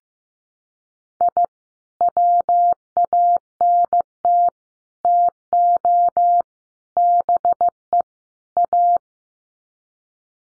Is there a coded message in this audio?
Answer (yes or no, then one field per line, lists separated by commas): yes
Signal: Morse code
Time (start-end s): 1.2-9.0 s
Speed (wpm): 15 wpm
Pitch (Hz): 700 Hz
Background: none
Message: I WANT TO BE A